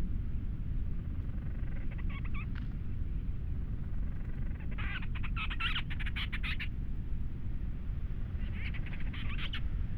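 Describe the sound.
Grant's storm petrel calls, a faint stutter then a longer burst of rapid, rasping chattering notes, and another burst near the end, over a steady low roaring background.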